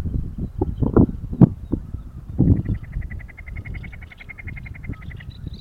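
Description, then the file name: Snipe call, a quick stuttering string of ticks that builds in the second half, with thumps and low rumbling noise earlier on. "becasina"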